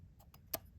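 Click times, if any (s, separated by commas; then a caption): 0.5 s. A fresh rechargeable battery is lined up and pushed with light pressure into the battery bay of a Canon T7i DSLR camera. Two soft ticks at about 0.2 and 0.3 s are followed by a sharp, loud click at 0.5 s as the latch catches. The battery is seated.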